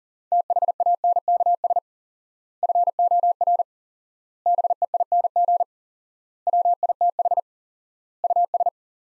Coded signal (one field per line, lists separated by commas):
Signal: Morse code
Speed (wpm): 40 wpm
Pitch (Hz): 700 Hz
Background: none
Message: THANKS FOR BEING WITH US